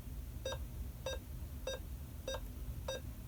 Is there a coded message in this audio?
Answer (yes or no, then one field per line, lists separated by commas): no